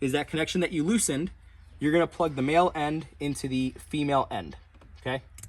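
Someone talks while handling the male end of a camera adapter pigtail with a little orange lead, about to plug it into the loosened plastic female harness connector during a Dasaita G13 head-unit install in a 2014-2019 Chevy Silverado / GMC Sierra. Two faint, brief ticks are heard at 5.4 s as the clip ends. Nothing has seated or clicked yet.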